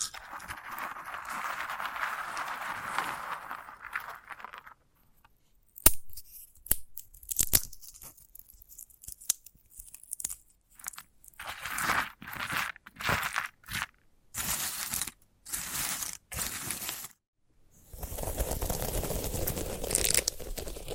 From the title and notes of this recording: ASMR of a Sunflower Head (No Talking).